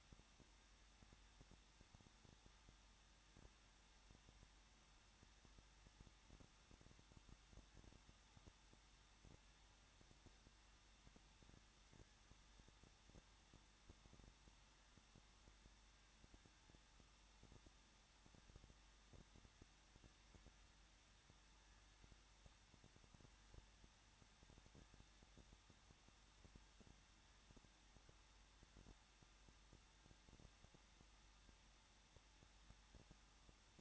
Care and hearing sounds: daily activity, microphone in the room; no activity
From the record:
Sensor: 3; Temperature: 21.2 degrees Celsius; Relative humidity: 36.2%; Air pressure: 1006.4 hPa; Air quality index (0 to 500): 221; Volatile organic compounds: 39 ppm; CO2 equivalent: 3136 ppm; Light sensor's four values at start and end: 2/3/2/2 and 2/3/2/2

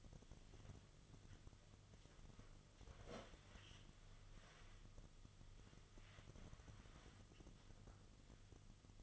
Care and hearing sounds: daily activity, microphone in the room; wipe stove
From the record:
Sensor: 4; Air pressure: 1005.6 hPa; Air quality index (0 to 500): 110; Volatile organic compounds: 3 ppm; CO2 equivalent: 1373 ppm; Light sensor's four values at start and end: 12/28/11/10 and 12/27/11/10

